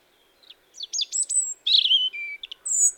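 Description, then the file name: European robin song: a quick run of thin, high, sliding whistles and varied notes over about two seconds in a quiet background. "Erithacus rubecula"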